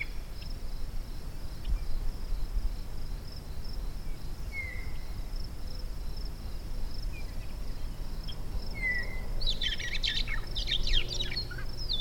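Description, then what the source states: Meadowlark song: two faint single whistles, then a burst of flutey, gurgling notes near the end, over low rumbling noise and a steady high pulsing insect-like hiss. Two meadowlarks singing as a duo in isolated sagebrush steppe at 700 m on May 1, 2015, with noise pollution from two pickup trucks passing.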